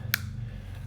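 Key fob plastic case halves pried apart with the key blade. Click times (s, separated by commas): 0.1 s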